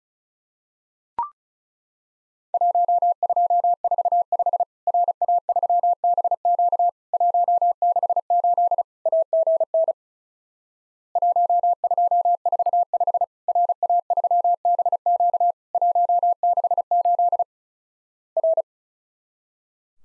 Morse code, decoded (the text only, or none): 1245 RA3BQ 168 AGN 1245 RA3BQ 168 R